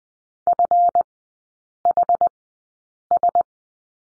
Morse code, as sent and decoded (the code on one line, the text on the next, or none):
..-. .... ...
FHS